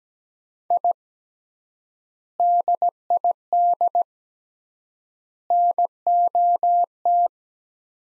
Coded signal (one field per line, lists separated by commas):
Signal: Morse code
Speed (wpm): 17 wpm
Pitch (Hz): 700 Hz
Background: none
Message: I DID NOT